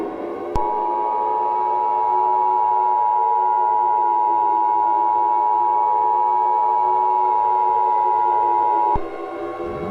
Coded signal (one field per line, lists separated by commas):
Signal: Emergency Alert System (SAME) tones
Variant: 853 and 960 Hz attention tone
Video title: This is another EAS Sneak Peek for the EAS Scenario: Drench Valley.